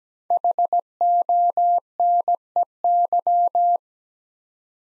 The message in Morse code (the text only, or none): HONEY